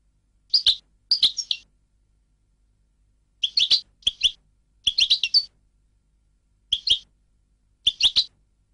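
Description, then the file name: European goldfinch uttering short, bright chirpy calls in loose clusters, with silent gaps between groups. "audio burung goldfinch"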